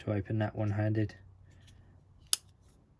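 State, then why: Seated. Someone talks, then a small lockback folding knife is flicked open one-handed and its steel blade swings out. A single sharp, loud click at 2.3 s is the back lock of the handle snapping into place, and the blade is locked open.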